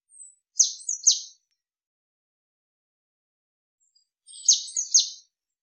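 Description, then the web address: Eurasian blue tit calling, a short high note and two quick downslurred buzzy notes, the phrase given twice about four seconds apart with silence between. "Deverinetal"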